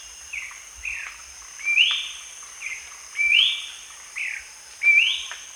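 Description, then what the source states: Ferruginous babbler calling with three bright upslurred whistles, separated by softer short notes, against a constant high-pitched insect hum. Recorded at Danum on 1 January 2008.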